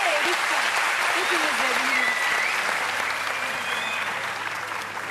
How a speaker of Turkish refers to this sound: bir alkış alayım mı? Olur mu?